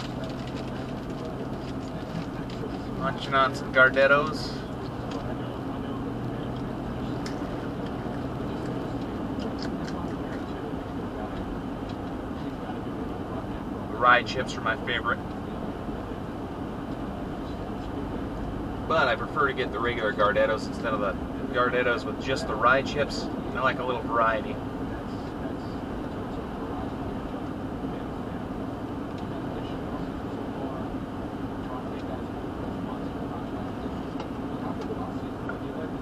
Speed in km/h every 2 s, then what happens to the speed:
77, 81, 84, 87, 89, 89, 90, 89, 89, 89, 89, 89, 90, 90, 90, 89, 89, 89.
0-11 speeds up to 90. 11-36 steady at about 89.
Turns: none.